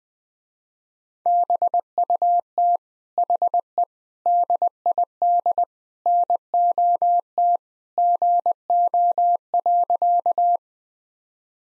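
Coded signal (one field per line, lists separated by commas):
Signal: Morse code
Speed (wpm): 20 wpm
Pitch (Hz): 700 Hz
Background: none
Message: BUT HE DID NOT GO.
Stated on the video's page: Morse practice at 20 wpm: sentences built from common four-word phrases, each sent in Morse, spoken, then sent again for head-copy training.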